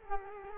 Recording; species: mosquito wingbeat signal from an infrared sensor; Culex quinquefasciatus